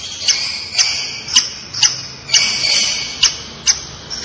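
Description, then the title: Long-tailed shrike singing a sustained high scratchy warble punctuated by sharp clicking notes roughly every half second. Described as gacor. "Cendet Gacor"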